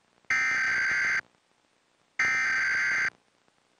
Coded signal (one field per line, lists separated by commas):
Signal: Emergency Alert System (SAME) tones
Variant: header bursts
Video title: Local Forecast with National EAS Test - 11/9/11